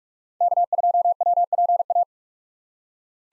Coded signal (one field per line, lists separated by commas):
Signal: Morse code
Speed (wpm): 44 wpm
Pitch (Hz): 700 Hz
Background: none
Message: K2WPA